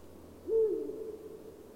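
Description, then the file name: Eurasian eagle-owl uttering one deep hoot, a short upward slide into a steady tone that fades away. "uhu"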